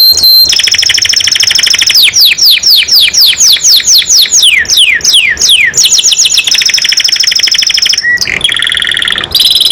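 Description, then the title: Canary song with a long series of quick downward-slurred whistles, followed by rolling trills and a brief harsh buzz. Domestic canary singing gacor (constantly), a first-place champion bird. "Suara Kenari Gacor Suara Kicau Burung Kenari Gacor Juara 1"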